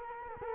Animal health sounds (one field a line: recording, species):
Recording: mosquito wingbeat signal from an infrared sensor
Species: Culex quinquefasciatus